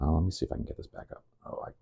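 The nail clipper section of a budget multitool is being folded back toward its metal handle while someone talks. Brief handling noises mix with the speech. Nothing has seated or locked yet.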